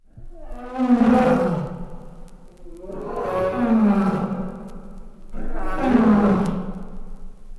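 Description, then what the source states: Lion roaring: three deep, moaning roars, each swelling then fading, spaced roughly two and a half seconds apart. Captive lion at Zurich Zoo, Switzerland, the city's heraldic animal, opening the zoo's animal concert, in the era of director Heini Hediger.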